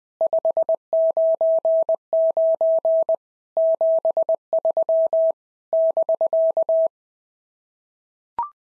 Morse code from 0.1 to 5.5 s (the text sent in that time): 599 73